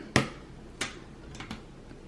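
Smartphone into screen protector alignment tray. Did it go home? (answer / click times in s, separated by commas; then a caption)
yes / 0.2 s. A Samsung Galaxy S10+ smartphone is pressed into the plastic alignment tray of a Zagg GlassFusion screen protector kit, snapping into place with a sharp click at 0.2 s. Fainter clicks and taps follow at about 0.8 s, 1.4 s and 1.5 s, and the phone is seated in the tray.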